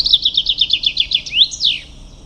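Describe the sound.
Common chaffinch song: a quick run of many similar high notes, ending in a sweeping rising-then-falling flourish.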